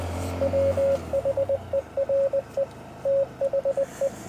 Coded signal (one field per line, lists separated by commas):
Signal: Morse code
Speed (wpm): 20 wpm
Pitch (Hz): 550 Hz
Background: radio noise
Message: WHERE THE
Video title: Honda Monkey in search of Morse Code Mountainside Pt3